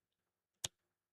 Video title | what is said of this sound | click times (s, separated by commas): Building SpongeBob SquarePants a Speed Champions Boatmobile!!! | Do you hear the click? | 0.7 s